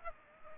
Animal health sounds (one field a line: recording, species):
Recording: mosquito wingbeat signal from an infrared sensor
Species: Aedes aegypti